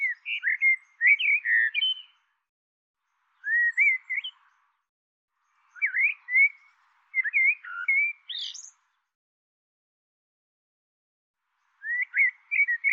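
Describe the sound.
Bird repeating short phrases of twisting whistled chirps, five bursts with pauses, one phrase ending in a sharp high squeak, otherwise quiet.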